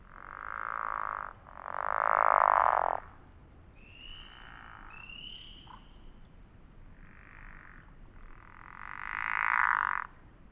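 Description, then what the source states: Several pickerel frogs snoring in turn, rasping croaks one to two seconds long, loud bursts at start and end, with short high slurred notes in between. Several pickerel frogs recorded at Elliott Mountain in 2006.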